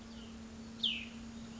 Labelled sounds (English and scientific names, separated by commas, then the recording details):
Cassin's Vireo (Vireo cassinii)
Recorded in Sonoma County, California